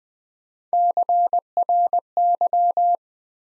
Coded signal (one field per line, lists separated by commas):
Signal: Morse code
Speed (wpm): 20 wpm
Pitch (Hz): 700 Hz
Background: none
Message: CRY